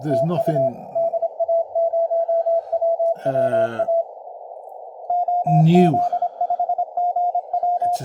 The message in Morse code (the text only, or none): TU DA0WWA OZ5GW